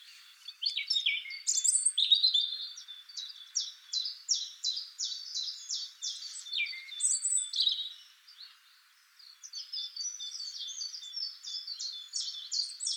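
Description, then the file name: European robin song: fast, high trilling phrases of repeated sharp notes with thin whistles and rapid twittering, continuing almost without pause apart from one brief lull. "Erithacus rubecula"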